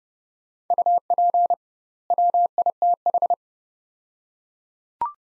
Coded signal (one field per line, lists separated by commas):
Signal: Morse code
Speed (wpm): 29 wpm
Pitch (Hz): 700 Hz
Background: none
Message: UP WITH